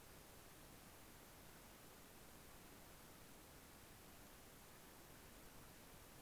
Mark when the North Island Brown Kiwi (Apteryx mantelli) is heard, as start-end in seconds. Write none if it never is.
none